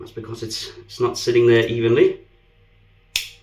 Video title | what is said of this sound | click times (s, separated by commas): Sudsy Soapery Blizzard | there you go then it clicks all right and we'll take it to the top | 3.2 s